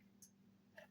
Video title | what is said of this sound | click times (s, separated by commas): Motor replacement on my CP Rail Rapido E8 😊 Like & subcribe help the channel grow :) | and that'll pop right off like that. | 0.2 s, 0.8 s